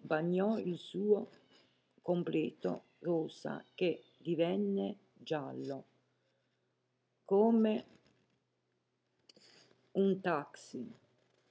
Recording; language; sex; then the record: read passage; Italian; female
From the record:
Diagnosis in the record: healthy control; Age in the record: 70 years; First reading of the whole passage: 149 s, 3.0 characters per second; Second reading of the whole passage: 105 s, 4.4 characters per second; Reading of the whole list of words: 65 s, 4.0 characters per second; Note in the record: marked for poor recording quality or reading difficulty